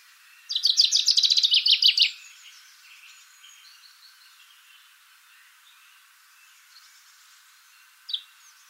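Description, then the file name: Common chaffinch song: one rapid trill of repeated notes lasting about a second and a half, then a brief chirp near the end. "Fringilla coelebs"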